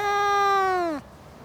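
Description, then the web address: Domestic cat giving a single clear, steady meow about one second long that slides downward at the end. In a suburban garden. "BBC Sound Effects Library BBC - Cats Cats In A Suburban Garden"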